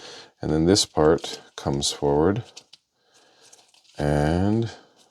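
Someone talks while converting a Transformers Studio Series #111 Bumblebee Movie Concept Art Sunstreaker robot toy, bringing a plastic car-body panel forward into the toy's top half. Faint plastic handling ticks are heard around 2.7 s and 3.5–3.7 s during a pause in the talking. The panel is only being handled, and nothing has snapped into place yet.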